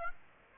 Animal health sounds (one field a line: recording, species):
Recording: mosquito wingbeat signal from an infrared sensor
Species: Aedes aegypti